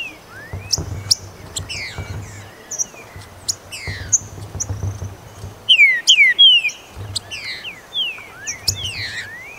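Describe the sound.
Green-winged saltator song of loud rich slurred whistles near six seconds, amid scattered sharp chips, with a low hum underneath.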